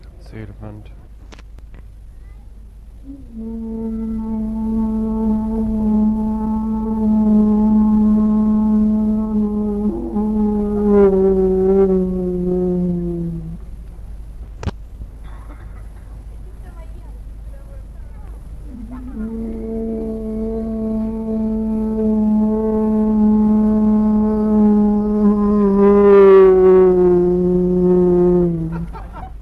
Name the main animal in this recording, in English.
Northern Elephant Seal